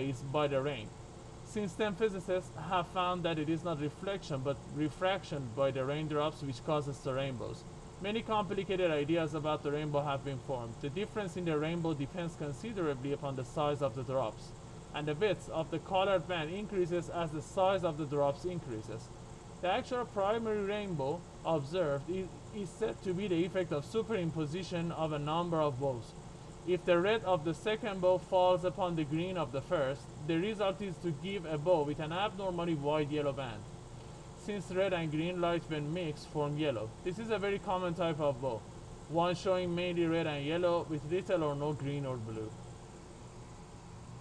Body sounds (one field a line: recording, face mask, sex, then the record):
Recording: reading aloud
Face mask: surgical mask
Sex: male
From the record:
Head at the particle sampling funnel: turned sideways, cheek in front of it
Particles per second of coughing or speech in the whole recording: 0.0793